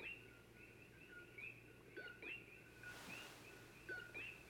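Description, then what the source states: Common coquí frogs giving two-note calls, a flat note followed by a quick rising whistle, several callers overlapping over faint hiss. Compound advertisement call: territorial 'co' answered by males, courtship 'qui' answered by females, given together to reach both sexes; throughout Puerto Rico and now Hawaii.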